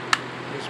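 On a Husqvarna LC 221A lawn mower with a Briggs and Stratton 625EX engine, a plastic cover over the carburetor is hooked in at the front, lined up at the back and pushed down. A single sharp click at 0.1 s marks it snapping into place, leaving the cover seated and the mower ready to go. A faint hiss continues underneath.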